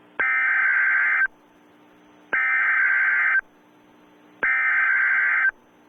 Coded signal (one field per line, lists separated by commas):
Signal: Emergency Alert System (SAME) tones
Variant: header bursts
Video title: Breaking into Pieces (+ RJ The Greatest 3, heyimgianPR) (EAS Scenario)